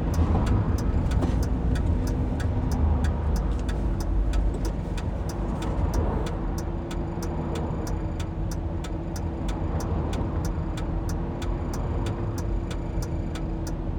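A car drives along with a steady, heavy low rumble of engine and road noise that fills the whole stretch. Sharp, evenly spaced ticks repeat about twice a second throughout, like a turn signal clicking, and a faint humming tone rises slightly midway.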